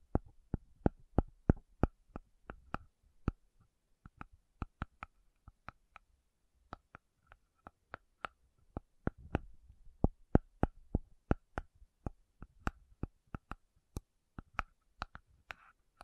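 Slow tapping on metal: sharp, bright clicks with a ringing tone, spaced irregularly about one or two per second across the whole stretch. Between taps there is near silence, with a faint low rumble underneath.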